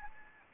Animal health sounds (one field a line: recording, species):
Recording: mosquito wingbeat signal from an infrared sensor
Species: Anopheles gambiae